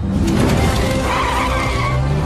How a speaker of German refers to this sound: Und das Motorrad rutschte ihm unterm Hintern weg und fuhr gegen eine Wand.